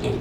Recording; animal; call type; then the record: contact call of a hoofed animal; pig; closed-mouth grunt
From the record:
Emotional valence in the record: positive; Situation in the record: food and toys in familiar pen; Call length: 0.21 s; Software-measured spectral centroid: 1940 Hz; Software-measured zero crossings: 1190 a second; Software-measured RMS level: -25 dBFS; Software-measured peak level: -14 dBFS